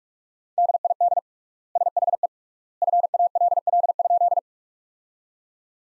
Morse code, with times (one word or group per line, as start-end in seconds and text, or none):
0.6-1.2 DID
1.8-2.3 SHE
2.8-4.4 FALL?